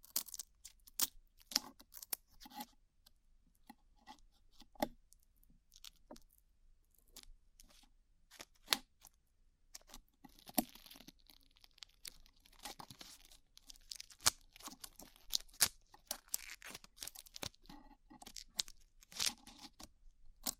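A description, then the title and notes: Glue is peeled away in sticky, crackling tears, with sharp snaps and pops scattered unevenly through the whole stretch. From about ten to thirteen seconds the peeling turns denser into a rough, hissy rip, then returns to separate crisp clicks. ASMR Peeling Glue Off Your Ears (No Talking).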